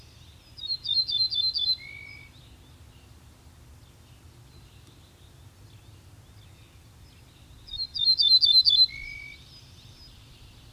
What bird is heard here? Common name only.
Ortolan Bunting